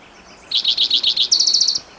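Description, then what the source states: Spotted Towhee song: six short slurred introductory notes, then a dry, fast trill, the whole lasting just over a second. Individual number one, recorded June 22, 2010, in Rhodes Canyon, Utah County, Utah.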